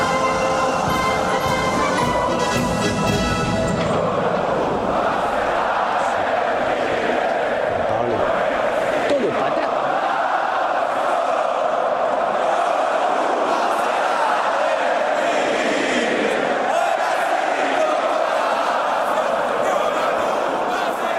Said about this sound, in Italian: A proposito di epica, un suono, un effetto epico, ragazzi, l'inno del Cile, cantato come è stato cantato dai tifosi della Roca ieri sera, brividi.